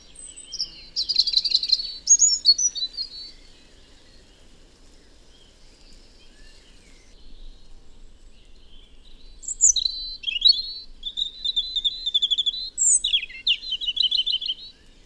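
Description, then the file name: European robin song: thin, high, tinkling phrases of trills and sweet drawn notes, one burst at the start and another after a long pause of near silence. "Erithacus rubecula"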